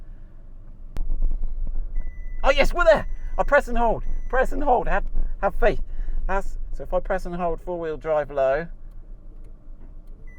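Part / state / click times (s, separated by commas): low-range gear engaging in a 4x4 transfer case / not seated / none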